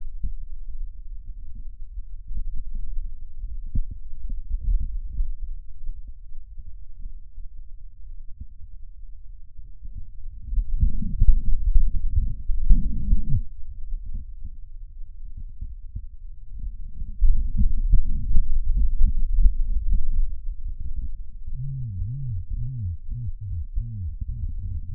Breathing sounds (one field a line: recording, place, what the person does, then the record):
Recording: lung sounds by stethoscope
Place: right posterior basal chest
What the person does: quiet breathing, then cough and speech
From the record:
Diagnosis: pulmonary infection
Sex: male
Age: 74 years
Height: 171 cm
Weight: 80 kg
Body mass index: 27.4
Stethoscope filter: bell mode